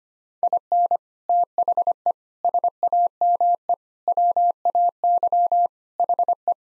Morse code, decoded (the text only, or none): IN THE SAME WAY HE